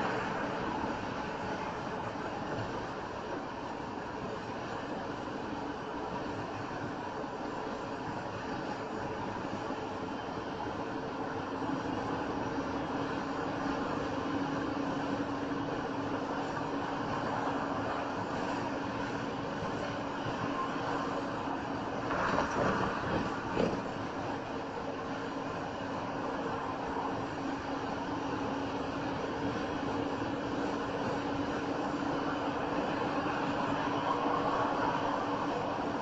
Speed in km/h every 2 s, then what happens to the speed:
89, 89, 89, 89, 90, 92, 93, 97, 97, 98, 98, 97, 95, 93, 95, 95, 98, 98.
0-36 speeds up to 98.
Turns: none.